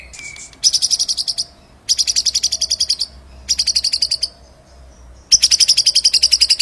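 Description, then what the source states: White-rumped shama song, four bursts of rapid, rattling repeated high notes, each burst about a second long and separated by short pauses. Masteran training song for songbirds; full rolling song (ngerol nembak).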